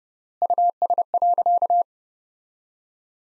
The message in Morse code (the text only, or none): US.